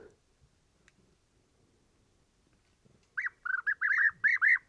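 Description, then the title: European bee-eater calls, a quick run of rolling, bubbling notes bursting out after a near-silent stretch. Pre-migration roost in a very large acacia, birds gathering in the evening to sleep and waking in the morning; Mayateg oasis, Adrar, Mauritania, 22 February 2019; Tlp7, MixPre 3. "Dortoir de Guêpier d'Europe - Mauritanie"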